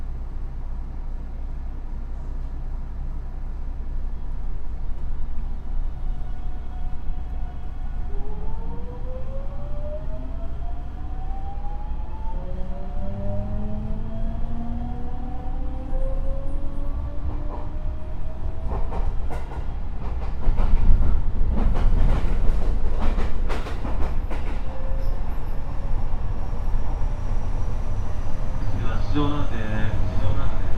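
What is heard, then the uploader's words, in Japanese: Running sound of a 207 series electric train on the Gakkentoshi Line rapid service, with a steady low rumble throughout. Rising motor whines climb in pitch from about 8 to 19 seconds as the train accelerates, then clattering, rattling bursts take over from around 20 seconds. JR西日本 207系電車 学研都市線快速 京橋から木津まで。西日本旅客鉄道207系電車の走行音です。学研都市線の快速列車で録音しました。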